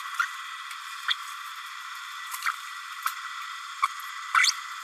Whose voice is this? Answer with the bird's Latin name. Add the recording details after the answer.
Forpus passerinus. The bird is a male. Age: 31 days. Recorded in a nest box in Venezuela. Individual 17B32A6